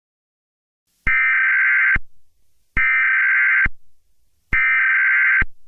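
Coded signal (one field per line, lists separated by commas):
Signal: Emergency Alert System (SAME) tones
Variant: header bursts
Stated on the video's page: Fictional EAS scenario.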